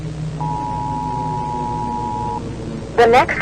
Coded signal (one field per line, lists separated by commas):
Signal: Emergency Alert System (SAME) tones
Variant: 853 and 960 Hz attention tone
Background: speech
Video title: First Patients - Agonia Cerebri Parasite | EAS Scenario | Emergency Alert System | Day 1 / Part 1